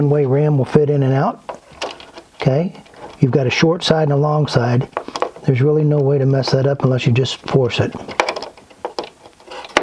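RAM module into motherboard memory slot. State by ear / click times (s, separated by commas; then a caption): seated / 9.8 s. A RAM memory module, lined up by its short and long sides, is pressed into a motherboard DIMM slot while someone talks. A few soft handling taps come before a sharp click at 9.8 seconds as the plastic retention clip snaps shut and the stick latches in, seated.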